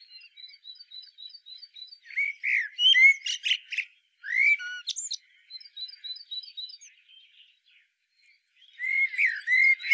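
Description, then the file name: Common blackbird delivering low fluty warbles and scratchy twittered endings, with a steady series of thin high ticking notes running between phrases. "Turdus merula"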